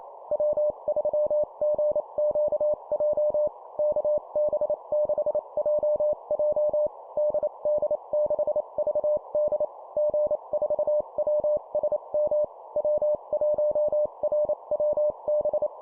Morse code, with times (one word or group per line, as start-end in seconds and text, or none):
0.3-3.5 W3GQJ
3.8-6.9 KB6JJ
7.2-9.7 DD6VD
10.0-12.4 G4WSM
12.8-15.7 W1RWB